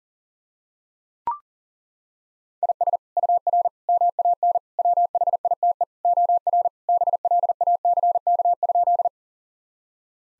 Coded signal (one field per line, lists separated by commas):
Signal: Morse code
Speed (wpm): 37 wpm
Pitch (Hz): 700 Hz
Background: none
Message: IS UR MAN WHITE OR BLACK?